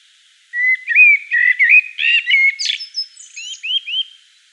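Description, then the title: Common blackbird singing a flowing fluted warble of mellow whistled notes, finishing with high squeaky twitters and a few rising whistles. Common blackbird song recorded in Provence at dusk. "Sylvain Jaskowiak - Mes piafs. Merle noir en Provence au crépuscule"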